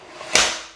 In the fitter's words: Push it in. Then, it will click in automatically.